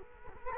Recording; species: mosquito wingbeat signal from an infrared sensor; Culex quinquefasciatus